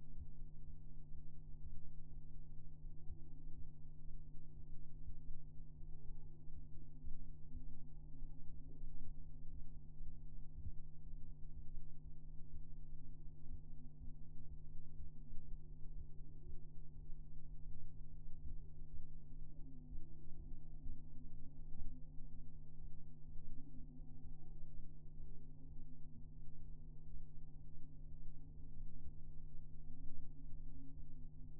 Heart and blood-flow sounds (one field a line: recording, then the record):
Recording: fetal heart sounds by stethoscope on the mother's abdomen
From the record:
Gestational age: 33 weeks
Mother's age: 21 years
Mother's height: 151 cm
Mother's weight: 51 kg